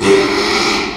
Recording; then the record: squeal of a Yucatan mini pig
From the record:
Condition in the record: after surgery on the right vocal fold (resection and tissue-engineered implant); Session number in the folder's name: 2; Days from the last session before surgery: 13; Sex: male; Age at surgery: 12 weeks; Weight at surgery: 13 kg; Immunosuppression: cyclosporine, prednisolone